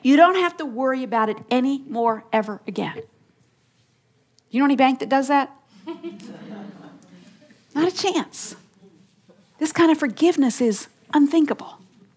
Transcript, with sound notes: You don’t have to worry about it anymore ever again.” You know any bank that does that? (laughter) Not a chance! This kind of forgiveness is unthinkable.